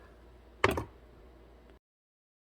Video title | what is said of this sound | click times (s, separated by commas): 2014 GM Truck Driver Door Harness Replacement pt 2 | there's like a little tank and then slid down and snapped in on top | 0.6 s